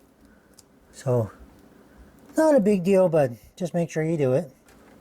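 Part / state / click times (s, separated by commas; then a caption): 8-pin PCIe power cable into graphics card / not seated / none. A 6+2-pin PCIe power plug is joined into an 8-pin and handled as it is brought toward the graphics card socket. Someone talks over faint handling noise, with a couple of tiny ticks near 0.5–0.6 s. Nothing has seated or clicked yet.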